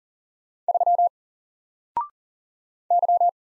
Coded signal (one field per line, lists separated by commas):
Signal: Morse code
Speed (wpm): 42 wpm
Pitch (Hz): 700 Hz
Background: none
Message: 3 Y